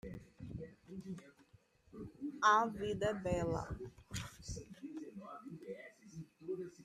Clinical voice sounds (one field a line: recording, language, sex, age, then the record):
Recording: spoken sentence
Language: Brazilian Portuguese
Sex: female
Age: 30 to 39 years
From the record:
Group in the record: control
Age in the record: 38 years